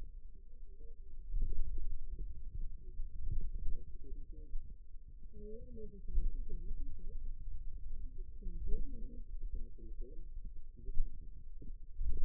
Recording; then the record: forearm muscle sounds (acoustic myography)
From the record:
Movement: finger pinch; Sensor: system 2, bracelet of six BSWA MPA416 microphones around the upper forearm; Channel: 4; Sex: female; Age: 21 years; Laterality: right